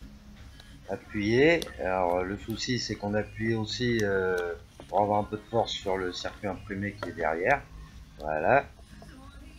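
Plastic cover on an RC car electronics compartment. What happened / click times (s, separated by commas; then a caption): The plastic cover does not clip into place / none. A plastic cover is pressed onto the electronics compartment of an RC car, pushing against the circuit board behind it, while someone talks throughout. Faint handling noises sit under the speech, with brief sharp ticks near 0.6 s and at the very end around 9.6 s. Nothing has clipped in yet, and the cover fails to seat properly.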